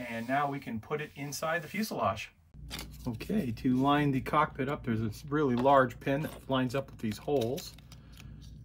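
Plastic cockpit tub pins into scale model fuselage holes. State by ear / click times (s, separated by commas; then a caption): seated / 7.9 s, 8.2 s. Someone talks while pushing the plastic cockpit assembly of a Meng 1/32 Fokker Dr.I triplane scale model into the fuselage, lining its large locating pins up with the matching holes. Two short clicks at 7.9 s and 8.2 s mark the pins snapping into the holes, and the cockpit is seated.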